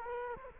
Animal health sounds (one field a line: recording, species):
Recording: mosquito wingbeat signal from an infrared sensor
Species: Culex quinquefasciatus